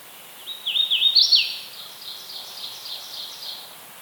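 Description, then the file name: Hooded Warbler song: a clear, slurred phrase of rising and falling whistled notes lasting about a second, followed by fainter repeated notes over a quiet hiss. "Setophaga citrina - Hooded Warbler"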